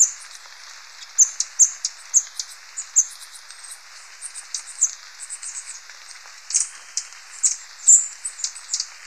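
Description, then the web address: Capped Conebill uttering short, very high chips at irregular intervals, roughly one or two per second, over a soft hiss. Ecuador. "Natures Songs S America Birds of Ecuador Capped Conebill"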